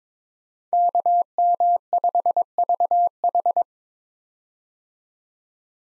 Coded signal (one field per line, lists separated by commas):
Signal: Morse code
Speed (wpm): 22 wpm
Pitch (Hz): 700 Hz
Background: none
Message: KM5VH